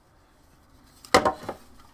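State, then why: Seated. A 3D-printed plastic piece of a T-Rex skull model is pushed by hand into its mating 3D-printed skull part. After a faint touch at 1.0 s, a sharp snap at 1.1 s is followed by a softer knock near 1.5 s. The piece snaps into place and holds.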